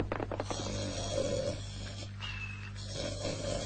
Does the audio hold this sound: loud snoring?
yes